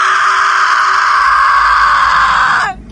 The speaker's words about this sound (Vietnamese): Mà khi ngọn lửa này bắt đầu lan ra, một tiếng gào thét chói tai cũng truyền ra từ trong ngọn lửa.